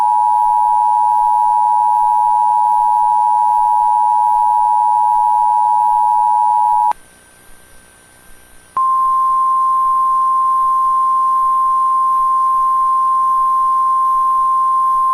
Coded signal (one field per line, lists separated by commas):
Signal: Emergency Alert System (SAME) tones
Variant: 853 and 960 Hz attention tone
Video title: EAS Scenario - Second 9/11 (9/11/2031)